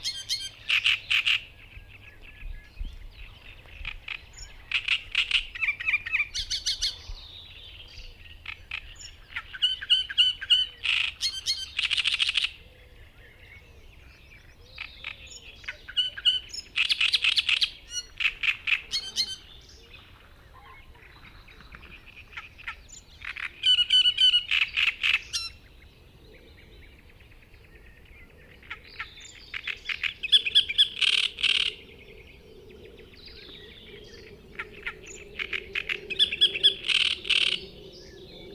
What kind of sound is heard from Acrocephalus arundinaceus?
song